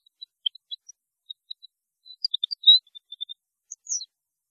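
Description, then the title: European goldfinch song of scattered high tinkling notes, then a quicker run of chirps and twittering notes toward the end. "Chant Chardonneret"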